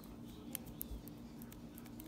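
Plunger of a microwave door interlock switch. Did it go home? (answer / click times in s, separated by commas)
no / none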